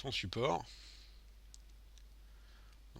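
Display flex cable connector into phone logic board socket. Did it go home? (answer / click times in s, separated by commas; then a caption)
yes / 1.5 s. Someone talks briefly, then, inside an iPhone 5S held with its screen open 3-4 cm, the display's flex cable connector is pressed back onto its logic board socket and clicks in at 1.5 s. A fainter tick follows at about 2.0 s over low background hiss. The connector is seated.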